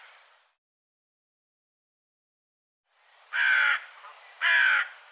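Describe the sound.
Bird heard with a fading call at the start, a pause of silence, then two loud raspy caws about a second apart.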